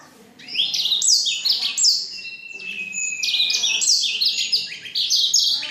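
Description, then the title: Black-throated canary song starting after a short silence, then a bright run of whistled slides and trills, including a long steady whistle. Exceptional black-throated canary from Jombang. "Burung blackthroat Istimewa dari Jombang"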